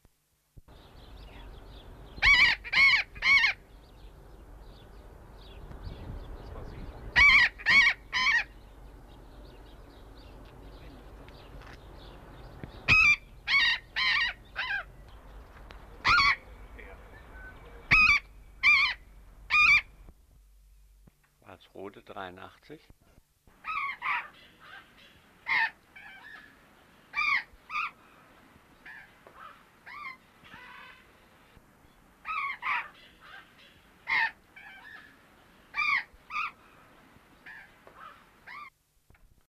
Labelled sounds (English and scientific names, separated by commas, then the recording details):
Burrowing Parrot (Cyanoliseus patagonus) call
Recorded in captivity
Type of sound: call
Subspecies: byroni
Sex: pair
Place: Tierpark Berlin, Berlin, DE
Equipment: Halbspur, 9,5 cm/s
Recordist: Lütgens, Hans
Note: Rufe eines Paares